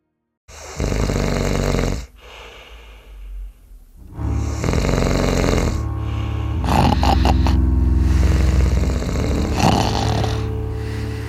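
Loud, low, rattling snores come in long breathing-in bursts separated by quieter breaths out: common habitual snoring in an adult sleeper.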